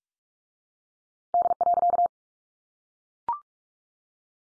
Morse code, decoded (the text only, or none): D.